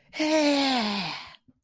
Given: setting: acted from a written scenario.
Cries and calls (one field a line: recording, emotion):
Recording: vocal sound without words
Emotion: triumph